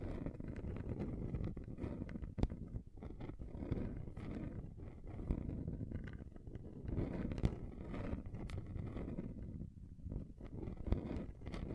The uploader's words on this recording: ASMR Relaxing Table Scratching Different Surfaces (No Talking).